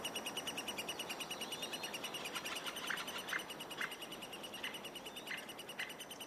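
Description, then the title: Eurasian three-toed woodpecker calls: several short, sharp notes in the middle and later part, over continuous fast, high-pitched ticking. "Viikon luontoääni: Pohjantikka"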